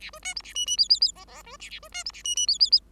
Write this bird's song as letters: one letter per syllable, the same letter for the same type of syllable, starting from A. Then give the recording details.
A B C D A E E F F F G G B A A B C D A E E F F F. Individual Bird5